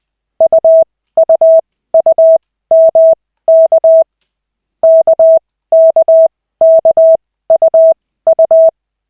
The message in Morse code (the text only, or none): UUUMK KKKUU